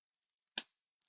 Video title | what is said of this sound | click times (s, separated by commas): Amazon Product Showcase with Nate | yeah so you guys probably heard that clip and then the next part you want to do | 0.6 s